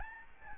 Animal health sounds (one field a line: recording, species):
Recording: mosquito wingbeat signal from an infrared sensor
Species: Aedes albopictus